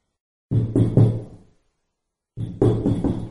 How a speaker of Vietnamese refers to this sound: Một vị đồng nghiệp gõ cửa, cắt ngang việc đi vào cõi thần tiên của hắn.